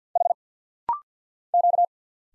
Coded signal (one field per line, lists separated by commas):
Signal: Morse code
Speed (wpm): 50 wpm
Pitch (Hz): 700 Hz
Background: none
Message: H Q